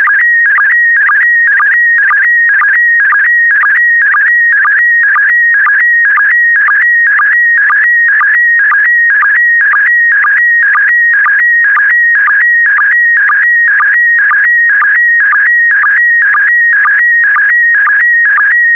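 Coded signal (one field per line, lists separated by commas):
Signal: SSTV (slow-scan television)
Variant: PD120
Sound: warbling electronic tone with a low sync chirp about twice a second, throughout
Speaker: complete. You can now check your decoded image against the picture that is shown on the video.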